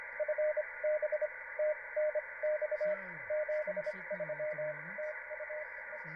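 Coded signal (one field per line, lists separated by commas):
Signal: Morse code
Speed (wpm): 25 wpm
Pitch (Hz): 610 Hz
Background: speech, radio noise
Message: FB TNX 73 TU E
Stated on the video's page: 6 meter CW contact captured live.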